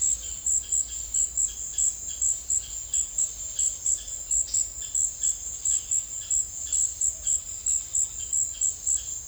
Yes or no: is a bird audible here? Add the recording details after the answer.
no. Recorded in secondary vegetation near Puerto Asís, Putumayo, Colombia, on 28 February 2025 at 16:30. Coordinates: 0.500, -76.326. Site GP04